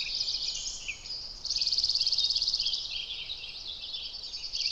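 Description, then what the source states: Dark-eyed Junco trill, a long even musical trill amid other chirps and twitters. Musical trills recorded on a warm morning in Sequoia National Park; juncos forage on or near the ground for seeds.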